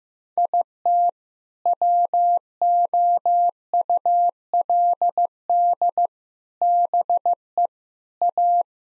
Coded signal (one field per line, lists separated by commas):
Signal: Morse code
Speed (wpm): 15 wpm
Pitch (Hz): 700 Hz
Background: none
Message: IT WOULD BE A